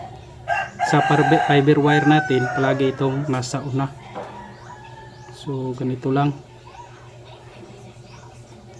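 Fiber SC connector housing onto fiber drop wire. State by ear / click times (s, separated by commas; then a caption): not seated / none. A fiber SC connector housing is lined up with the fiber drop wire before being locked, while someone talks. Harmonic bursts resembling a rooster crowing are heard from about 0.9 to 3.9 s and again from 5.5 to 6.3 s. Nothing has clicked or locked yet.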